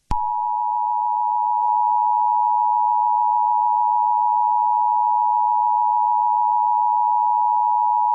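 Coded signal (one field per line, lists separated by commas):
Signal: Emergency Alert System (SAME) tones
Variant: 853 and 960 Hz attention tone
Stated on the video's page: Fictional alert scenario for entertainment, not for broadcast.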